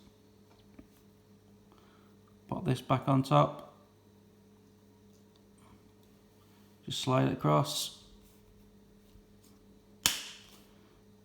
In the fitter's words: make sure it clicks and then pop the blade back in